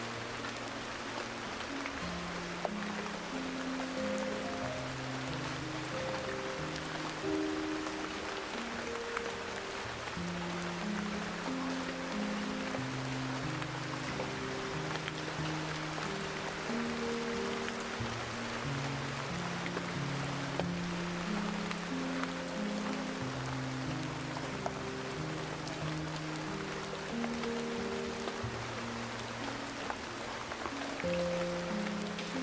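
Steady rain falls throughout as an even, dense hiss with no pauses. Over it, relaxing music plays slow, sustained low and middle notes that step from one pitch to the next every second or so, forming a calm, unhurried melody.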